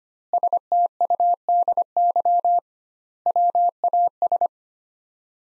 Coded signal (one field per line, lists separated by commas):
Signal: Morse code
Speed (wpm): 25 wpm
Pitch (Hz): 700 Hz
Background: none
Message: STUDY WAS